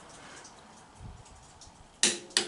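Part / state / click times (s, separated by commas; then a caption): click-type torque wrench on a cylinder head bolt of a tractor engine / torque reached / 2.0 s. A click-type torque wrench, set slightly below 50, tightens another cylinder head bolt during reassembly of a Farmall Super M tractor engine. After quiet low rumbling and a soft thump near 1.0 s, the wrench gives a sharp, bright click at 2.0 s, followed by a second sharp snap at 2.4 s. The bolt reaches the set torque at the 2.0 s click.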